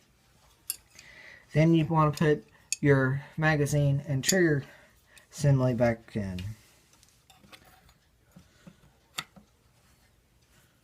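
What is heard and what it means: The magazine and trigger assembly of a Mosin-Nagant M91/30 bolt-action rifle is handled as it is being fitted back up into the wooden stock after cleaning, while someone talks. Sharp taps and light knocks sound at about 0.7 s and 9.2 s, with softer ones in between. Nothing has seated or clicked in yet.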